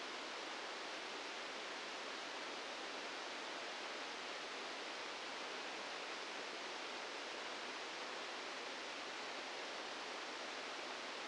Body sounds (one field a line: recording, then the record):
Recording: brain microelectrode recording played as sound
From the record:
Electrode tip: outside the subthalamic nucleus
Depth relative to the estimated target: 4 mm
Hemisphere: right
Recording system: NeuroSet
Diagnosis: Parkinson's disease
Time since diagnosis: 8 years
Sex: male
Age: 59 years